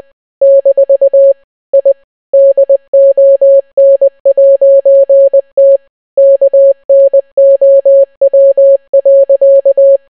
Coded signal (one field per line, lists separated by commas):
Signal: Morse code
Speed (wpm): 20 wpm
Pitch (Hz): 550 Hz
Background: none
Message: - I DON'T KNOW.